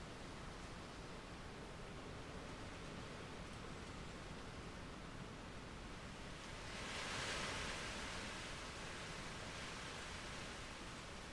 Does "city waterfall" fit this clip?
no